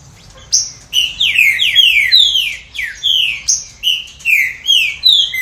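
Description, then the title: Green-winged saltator song, a steady chain of strong whistled notes sliding downward, phrases running almost continuously after a quiet start. "Trinca Ferro"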